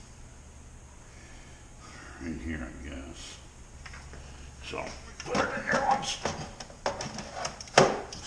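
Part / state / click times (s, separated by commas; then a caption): battery pack into cordless snow shovel / seated / 7.8 s. An 80 V battery pack is slid into the battery compartment of a cordless snow shovel while someone talks. Scraping, sliding contact sounds build from about 5 s, followed by a sharp, loud click at 7.8 s as the pack latches and seats in place.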